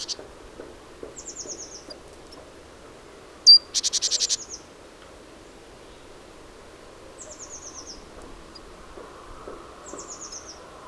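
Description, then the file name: Great tit calling one sharp note and a loud buzzy churr of about six pulses; another bird repeats thin, high, descending trilled phrases throughout. "Parus major"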